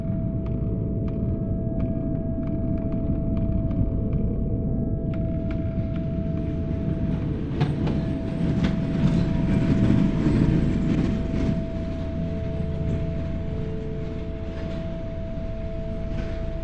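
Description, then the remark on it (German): A subway train rumbles steadily in an underground station with dense low-frequency roar, a sustained electrical hum tone, and scattered metallic clicks and rattles of wheels on track, growing slightly louder midway before settling. “Raus aus dieser U-Bahn-Station.”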